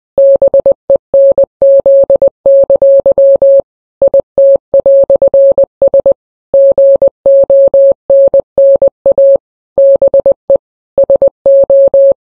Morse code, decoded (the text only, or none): BENZ! IT"S GONNA BE SO